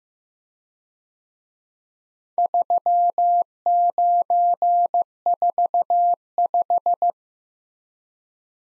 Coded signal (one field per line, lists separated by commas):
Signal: Morse code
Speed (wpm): 16 wpm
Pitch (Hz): 700 Hz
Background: none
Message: 3945